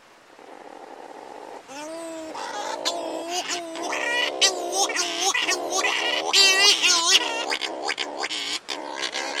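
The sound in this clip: Bird calls in a busy stream: wavering nasal notes, buzzy squawks and quick chattering phrases, several sounds overlapping almost continuously.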